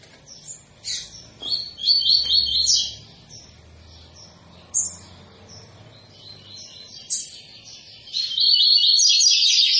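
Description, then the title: Double-collared seedeater giving short high chirps and a brief trilled phrase, ending in a louder, sustained run of rapid high notes. Tui-tui song style, used as a tutor song for teaching young birds. "COLEIRO TUI TUI FIBRA"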